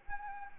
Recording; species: mosquito wingbeat signal from an infrared sensor; Anopheles arabiensis